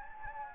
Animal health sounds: mosquito wingbeat signal from an infrared sensor; Anopheles gambiae

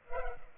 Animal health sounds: mosquito wingbeat signal from an infrared sensor; Culex pipiens

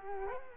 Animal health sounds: mosquito wingbeat signal from an infrared sensor; Culex quinquefasciatus

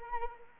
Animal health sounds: mosquito wingbeat signal from an infrared sensor; Anopheles arabiensis

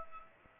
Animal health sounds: mosquito wingbeat signal from an infrared sensor; Aedes aegypti

